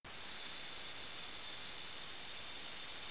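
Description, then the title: Rattlesnake rattle: an even, continuous, dry hissing buzz that starts abruptly and holds steady without a break. "RTTLSNAK"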